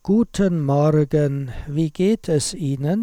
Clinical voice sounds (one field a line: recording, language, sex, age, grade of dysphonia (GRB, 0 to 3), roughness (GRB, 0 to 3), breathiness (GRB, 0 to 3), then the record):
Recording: spoken sentence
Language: German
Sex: male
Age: 60 to 69 years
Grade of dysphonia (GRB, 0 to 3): 2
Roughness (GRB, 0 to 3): 2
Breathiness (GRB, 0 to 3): 2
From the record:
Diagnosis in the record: hypotonic dysphonia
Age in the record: 62 years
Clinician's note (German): Phonasthenisch mit verlängerter Schlußphase im hintern Drittel